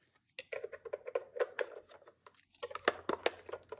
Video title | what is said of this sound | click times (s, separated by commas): Wyze Robot Vacuum vs Shark IQ Robotic Vacuum. Is a robot vacuum any good if you have pets? | and just clicks back in | 2.9 s